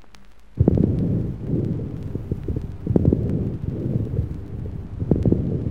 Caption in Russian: У больного с абсцессом легкого звонкие, средние, крупнопузырчатые влажные хрипы на фоне бронхиального дыхания.